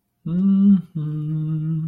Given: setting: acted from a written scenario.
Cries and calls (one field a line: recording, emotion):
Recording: vocal sound without words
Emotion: serenity